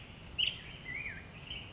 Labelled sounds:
Black-headed Grosbeak (Pheucticus melanocephalus)
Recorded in Sonoma County, California

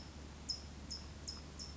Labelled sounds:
California Towhee (Melozone crissalis)
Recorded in Sonoma County, California

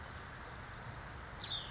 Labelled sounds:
Western Flycatcher (Empidonax difficilis)
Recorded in Sonoma County, California

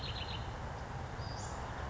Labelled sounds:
Western Flycatcher (Empidonax difficilis)
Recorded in Sonoma County, California

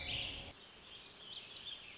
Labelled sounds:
Warbling Vireo (Vireo gilvus)
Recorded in Sonoma County, California

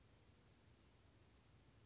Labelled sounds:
Western Flycatcher (Empidonax difficilis)
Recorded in Sonoma County, California

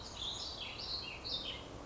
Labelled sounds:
Ash-throated Flycatcher (Myiarchus cinerascens)
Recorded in Sonoma County, California

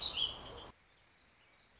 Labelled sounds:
Warbling Vireo (Vireo gilvus)
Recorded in Sonoma County, California

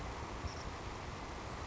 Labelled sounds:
Savannah Sparrow (Passerculus sandwichensis)
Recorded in Sonoma County, California

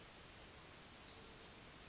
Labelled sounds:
Pacific Wren (Troglodytes pacificus)
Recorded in Sonoma County, California

